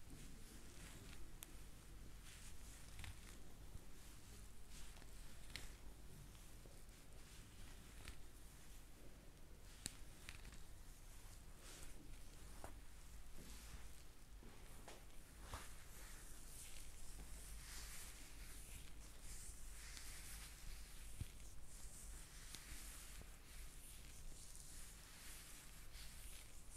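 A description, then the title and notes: A massage of the neck, head and scalp, with steady rubbing and scratching of hair and skin throughout. Frequent soft crackles and brief sharp ticks sit over a constant low hum, keeping an even level for the whole stretch. ASMR neck, head and scalp massage.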